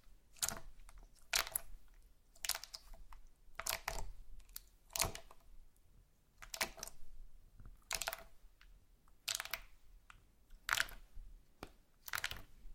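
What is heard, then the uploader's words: Slime being squished and stretched, with sharp wet pops and crackles coming in bursts roughly every second. The clicks are bright and clustered in pairs or short runs, separated by quieter squelching, and a faint low hum sits underneath throughout. ASMR SLIME No Talking Satisfying slime Sounds.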